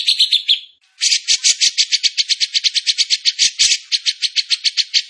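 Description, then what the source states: Bird song: a short trill, a pause, then a steady string of bright, buzzy notes repeated several times a second. Masteran training recording from Indonesia of a bird singing energetically (gacor).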